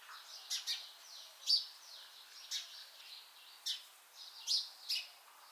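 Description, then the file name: House sparrow calls: scattered short, bright chirps about every half second to second, over soft background hiss. "Passer domesticus"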